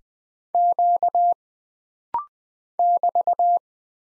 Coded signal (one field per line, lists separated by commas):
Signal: Morse code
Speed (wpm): 20 wpm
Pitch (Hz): 700 Hz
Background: none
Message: Q <BT>